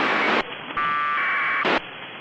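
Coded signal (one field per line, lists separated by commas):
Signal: packet radio (AX.25, as in APRS)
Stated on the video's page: 20 meter amateur radio operation on a Flex radio.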